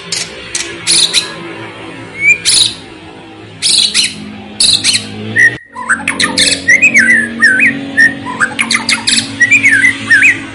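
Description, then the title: White-rumped shama singing sharp clicking bursts, then a run of looping whistled notes and quick chatter over a low steady hum. Loud, actively singing bird used as a lure to get another bird to respond. "PANCINGAN MURAI BATU GACOR, LANGSUNG RESPON"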